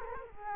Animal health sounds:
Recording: mosquito wingbeat signal from an infrared sensor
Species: Culex quinquefasciatus

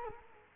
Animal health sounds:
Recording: mosquito wingbeat signal from an infrared sensor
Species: Culex quinquefasciatus

